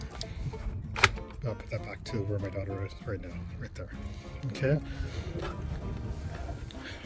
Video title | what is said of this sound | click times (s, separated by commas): Safety 1st Child Seat Review-Alpha Omega | it to the higher one up top right and they just snap right into place | 1.0 s